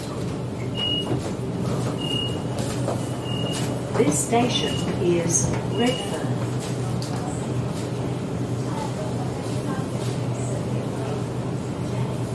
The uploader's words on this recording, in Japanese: Go to City by Sydney Train 電車でシドニー市内に向かう。駅で待つ。